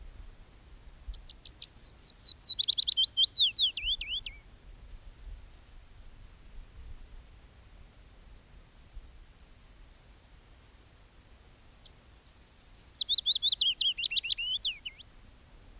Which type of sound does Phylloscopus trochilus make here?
song